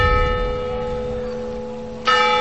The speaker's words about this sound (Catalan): Les campanes de Flix toquen les 12. Al voltant de la plaça de l'Església hi ha vida.